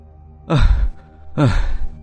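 Two heavy, loud breaths, each a long noisy exhale with a slightly voiced edge, separated by a short pause, like someone out of breath and panting hard after riding a bicycle.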